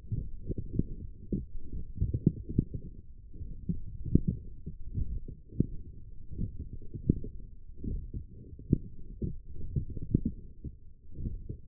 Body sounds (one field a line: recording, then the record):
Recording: forearm muscle sounds (acoustic myography)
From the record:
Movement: forearm pronation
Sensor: system 1, eight BSWA MPA416 microphones around the upper forearm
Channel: 7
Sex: male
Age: 21 years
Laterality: right